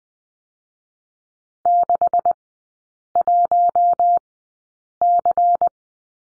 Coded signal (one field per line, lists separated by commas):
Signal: Morse code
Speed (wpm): 20 wpm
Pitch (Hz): 700 Hz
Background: none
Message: 61C